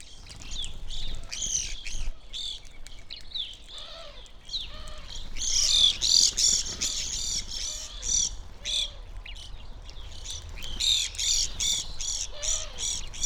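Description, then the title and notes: Evening Grosbeak flock calls, bursts of high chirping notes, thickest in the middle, with some softer lower notes between the bursts. Flock feeding busily on sunflower seeds at a feeder hung from a birch tree in a backyard, McCloud, Siskiyou County, California; relatively warm winter morning; two microphones either side of the trunk. "I recorded this at my home in the small town of McCloud in Siskiyou County, California. It was a relatively warm winter morning, and a flock of Evening Grosbeaks was busily eating a breakfast of sunflower seeds from a feeder hanging from the branch of a birch tree in my backyard."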